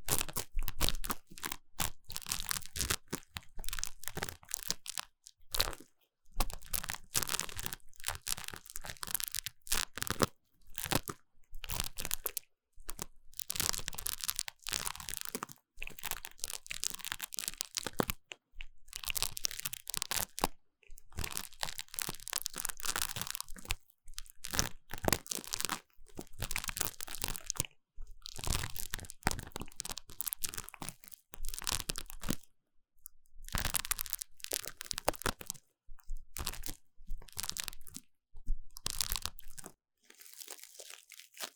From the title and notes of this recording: ASMR 3Dio 耳掃除 귀 청소 | Ear Cleaning | No Talking.